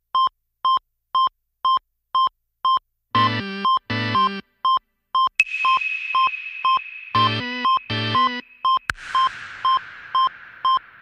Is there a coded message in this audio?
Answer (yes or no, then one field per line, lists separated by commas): no